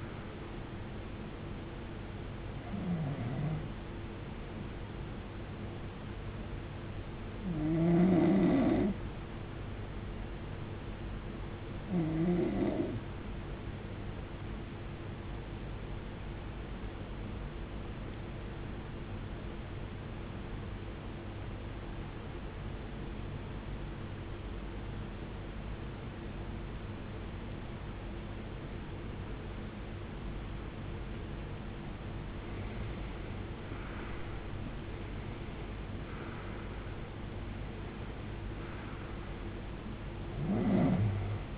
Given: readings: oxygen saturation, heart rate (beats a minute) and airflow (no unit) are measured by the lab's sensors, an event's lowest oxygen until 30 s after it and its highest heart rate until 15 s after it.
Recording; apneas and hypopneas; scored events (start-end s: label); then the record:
breathing in sleep by a voice recorder at the bedside; 1
19.00-34.20 s: obstructive apnea (N1, oxygen 94% highest, then 84% lowest, heart rate 61 at the start, 78 highest)
From the record:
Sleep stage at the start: N1 (lightest sleep); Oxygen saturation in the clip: 81 to 94%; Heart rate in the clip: 53 to 78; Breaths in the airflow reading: 7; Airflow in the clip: -19.9 to 18.8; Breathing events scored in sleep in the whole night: 389 in 6.3 hours asleep